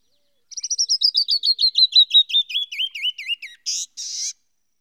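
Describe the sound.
Bird song: a fast series of many high, clear notes that gradually fall in pitch, ending with two brief buzzy bursts.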